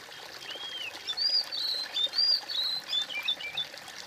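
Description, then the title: Bird singing a varied phrase that opens with a low arched whistle, followed by bright, high whistles and quick descending twittery notes, with steady soft hiss behind. "kOMPILASI suara bird"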